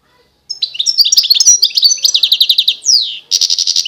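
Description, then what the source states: European goldfinch song: fast twittering run into an even series of repeated liquid notes, a descending slur, then a buzzy burst. Wild bird singing.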